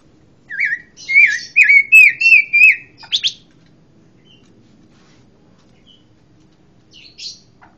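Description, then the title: Pancawarna song: a run of about six warbled, wavering whistles, ending in a brief chirp, then near silence and one faint squeak. Song praised for its strong 'tembakan' (bursting delivery). "Pancawarna mantab tembakane"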